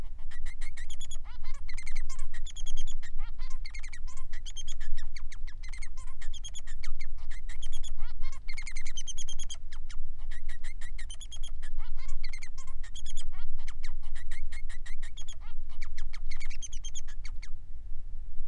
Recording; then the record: song of a male Bengalese finch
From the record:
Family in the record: son of father 3